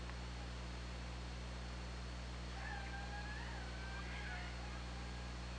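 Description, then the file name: Orca call, a drawn-out wavering tonal call with faint harmonics, heard over constant low-pitched underwater hum and hiss. Hydrophone recording, 24 August 2017, around 22:15. "Orca Lab"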